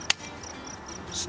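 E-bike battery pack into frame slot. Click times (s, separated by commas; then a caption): 0.1 s. A removable battery pack for a Magicycle Cruiser Pro e-bike is slid into its slot on the bike frame and pushed home. It snaps into place with a sharp, loud click at 0.1 s. Faint high-pitched background noise continues throughout.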